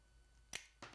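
A hand rivet gun is squeezed on an aluminum blind pop rivet joining two pieces, and once the rivet is tight, its shank snaps off at its set load with a sharp pop at 0.55 s. A second, softer sharp sound follows at 0.8 s, and the rivet is set.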